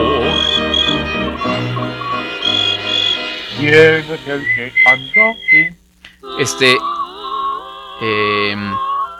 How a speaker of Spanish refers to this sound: El grillo cantó.